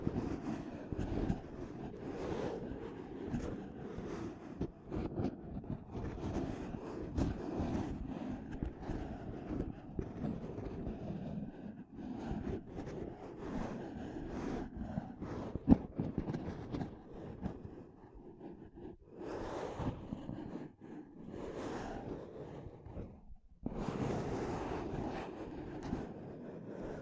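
Dense, continuous mic scratching with a heavy low rumble, broken by frequent quick taps and brushing strokes. The texture stays busy and fairly even throughout, with one sharp knock around the middle and a brief near-silent gap just before the last few seconds.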